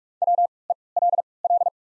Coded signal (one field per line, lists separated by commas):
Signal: Morse code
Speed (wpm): 47 wpm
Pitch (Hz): 700 Hz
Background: none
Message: W E L L